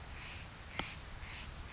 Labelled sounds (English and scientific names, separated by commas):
Steller's Jay (Cyanocitta stelleri)